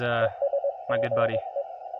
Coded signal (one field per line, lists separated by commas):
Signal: Morse code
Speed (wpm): 22 wpm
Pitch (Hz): 560 Hz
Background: speech, radio noise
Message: ES GE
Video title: POTA Activation at Uinta National Forest